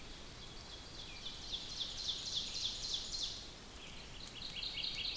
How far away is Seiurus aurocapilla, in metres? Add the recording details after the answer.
about 80 m. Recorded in boreal forest in Alberta, Canada, on 5 June 2016 at 06:22. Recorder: SongMeter 3, array SBT-3-51. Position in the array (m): 245 m, 132 m. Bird 28